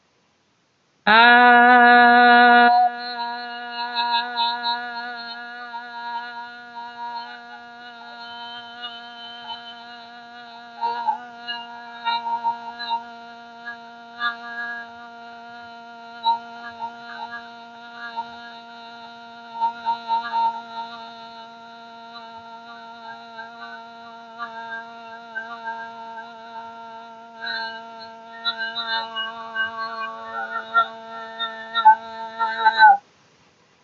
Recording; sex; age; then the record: vowel held as long as possible; female; 50 to 59 years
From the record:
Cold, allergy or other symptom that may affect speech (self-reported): no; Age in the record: 53 years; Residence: North Carolina, United States